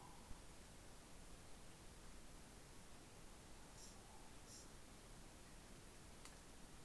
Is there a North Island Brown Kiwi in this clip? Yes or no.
no